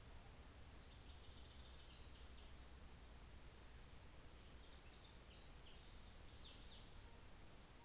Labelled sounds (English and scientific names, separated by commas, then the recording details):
New Zealand Fantail (Rhipidura fuliginosa)
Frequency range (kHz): New Zealand Fantail (Rhipidura fuliginosa) 6.1-7.8 kHz
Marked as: faintness 5/5
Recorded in New Zealand on 24 December 2018
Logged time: 15:45